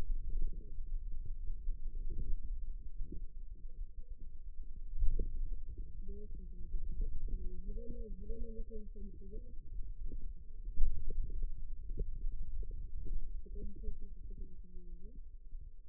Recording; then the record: forearm muscle sounds (acoustic myography)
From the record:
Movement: finger pinch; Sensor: system 2, bracelet of six BSWA MPA416 microphones around the upper forearm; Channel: 4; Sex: female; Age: 21 years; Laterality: right